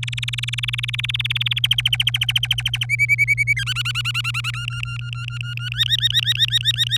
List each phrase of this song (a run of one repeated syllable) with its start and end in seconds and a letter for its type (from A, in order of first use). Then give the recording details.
0.03-1.59 A, 1.64-2.85 B, 2.89-3.64 C, 3.67-4.51 D, 4.54-5.69 E, 5.72-6.97 F. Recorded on 26 April 2018 at 16:39. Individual llb3